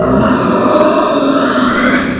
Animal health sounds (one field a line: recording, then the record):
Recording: squeal of a Yucatan mini pig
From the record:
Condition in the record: after surgery on the right vocal fold (resection and tissue-engineered implant)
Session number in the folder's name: 11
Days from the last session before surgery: 98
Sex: female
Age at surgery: 19 weeks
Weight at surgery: 25 kg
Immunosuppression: prednisolone